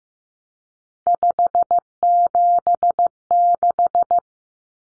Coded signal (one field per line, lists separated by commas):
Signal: Morse code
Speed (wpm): 15 wpm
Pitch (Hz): 700 Hz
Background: none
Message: 576